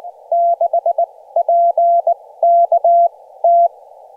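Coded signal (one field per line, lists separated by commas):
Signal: Morse code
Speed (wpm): 18 wpm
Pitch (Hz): 680 Hz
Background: none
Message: 6 P K T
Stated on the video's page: Morse sent with a TinyPaddle on an Elecraft KH1 during a joint two-summit SOTA activation.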